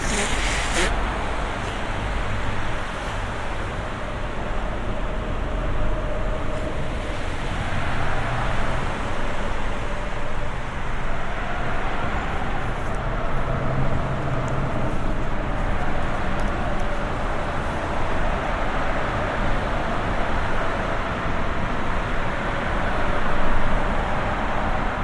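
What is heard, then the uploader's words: Steady, dense traffic roars overhead from beneath a parkway, a low constant rumble with occasional swells as cars pass by. Traffic singing above, a few cars passing in front.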